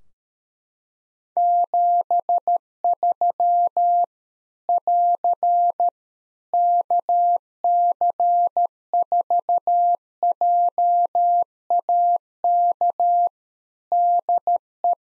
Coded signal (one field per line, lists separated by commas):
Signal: Morse code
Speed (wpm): 13 wpm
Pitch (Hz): 700 Hz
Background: none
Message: 73 <AR> KC4JAK DE